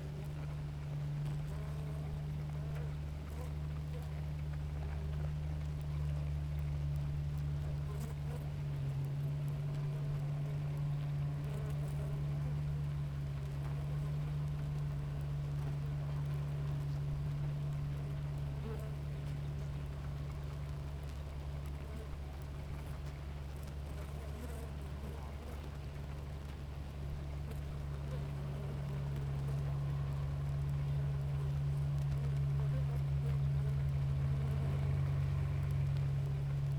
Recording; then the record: honeybee colony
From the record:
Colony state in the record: active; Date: 28 July 2017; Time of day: 7:10